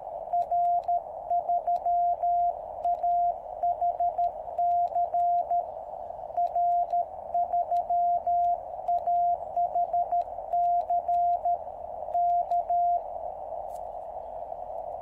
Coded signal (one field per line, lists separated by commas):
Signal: Morse code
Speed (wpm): 13 wpm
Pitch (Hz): 700 Hz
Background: radio noise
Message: R3AHC R3AHC K